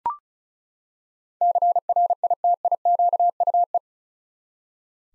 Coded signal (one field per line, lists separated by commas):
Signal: Morse code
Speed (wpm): 36 wpm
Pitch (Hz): 700 Hz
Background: none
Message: CRITIQUE